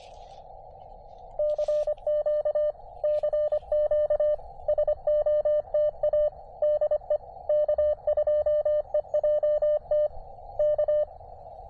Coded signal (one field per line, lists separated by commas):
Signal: Morse code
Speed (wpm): 25 wpm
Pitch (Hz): 600 Hz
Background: radio noise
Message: CQ CQ SOTA DE K2EJT K